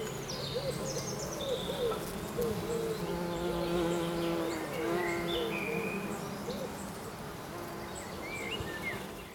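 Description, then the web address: Steady bee buzzing with whining tones that rise and fall, accompanied by scattered bird chirps and calls. "Soundscape Abeille"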